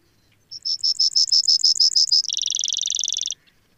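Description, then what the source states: Brewer's sparrow song: a run of about a dozen high, evenly spaced notes, then a faster, slightly lower buzzy trill lasting about a second; quiet background. Recorded in Sierra Valley in 2009.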